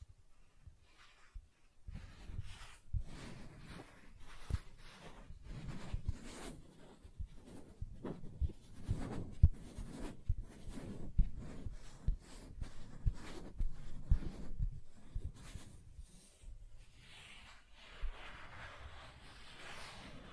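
Soft tracing over smooth and rough surfaces, a steady run of low, brushing scrapes with frequent small taps, growing airier and hissier near the end.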